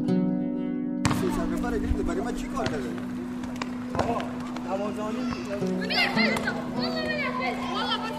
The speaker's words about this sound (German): Düsseldorf. In einer leerstehenden Grundschule sind Flüchtlinge untergebracht. Es ist früh am Abend und die Kinder spielen im Dunkeln auf dem Hof.